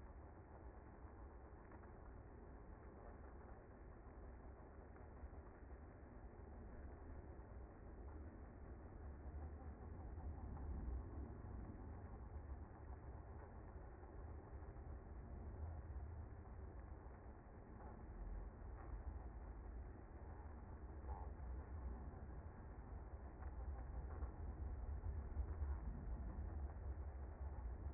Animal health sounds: honeybee colony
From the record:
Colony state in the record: active

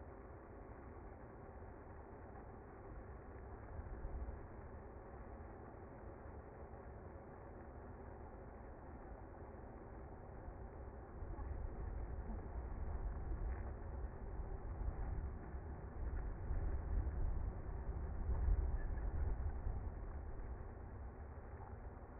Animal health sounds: honeybee colony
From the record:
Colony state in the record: active

